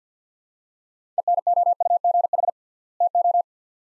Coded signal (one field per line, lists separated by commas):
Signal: Morse code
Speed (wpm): 50 wpm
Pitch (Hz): 700 Hz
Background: none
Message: ENOUGH TO